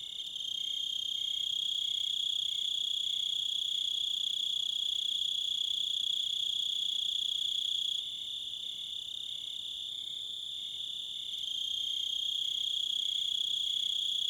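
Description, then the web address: Crickets give a steady high trill with a regular pulsing chirp throughout. "Sounds of Nature Collection Crickets And Wolves"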